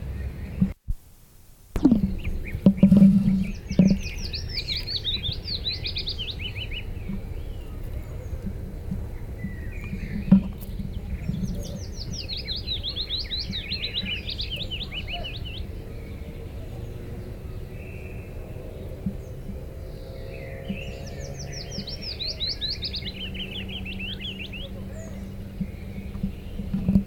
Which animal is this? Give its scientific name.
Phylloscopus trochilus